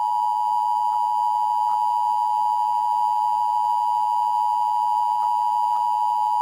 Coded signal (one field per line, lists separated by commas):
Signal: Emergency Alert System (SAME) tones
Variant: 853 and 960 Hz attention tone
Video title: What if ImLeqit_PvP hacked the Emergency Alert System? (1)